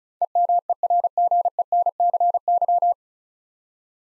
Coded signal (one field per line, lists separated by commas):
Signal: Morse code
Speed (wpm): 36 wpm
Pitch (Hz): 700 Hz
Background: none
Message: EMERGENCY